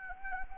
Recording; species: mosquito wingbeat signal from an infrared sensor; Anopheles gambiae